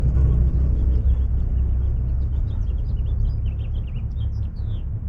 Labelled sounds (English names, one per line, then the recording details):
House Finch song
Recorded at Neponsit on Long Island, New York, on 4 June 1975
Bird B